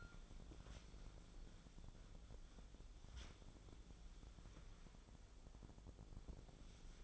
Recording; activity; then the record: daily activity, microphone in the room; wipe stove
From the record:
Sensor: 5